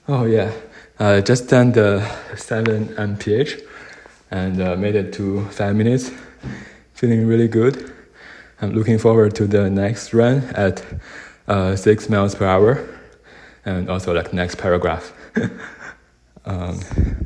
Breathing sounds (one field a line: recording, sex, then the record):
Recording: free speech after running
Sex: male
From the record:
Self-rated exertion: vigorous exertion (4 of 6)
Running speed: 7 miles an hour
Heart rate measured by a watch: 139 beats a minute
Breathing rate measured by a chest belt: 19 breaths a minute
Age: 31 years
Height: 178 cm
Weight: 72 kg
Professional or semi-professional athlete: no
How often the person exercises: 3 to 5 times a week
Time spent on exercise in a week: 2 to 3 hours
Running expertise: yes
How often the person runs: 3 to 5 times a week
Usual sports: running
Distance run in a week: 5 km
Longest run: 10 km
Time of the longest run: 65 minutes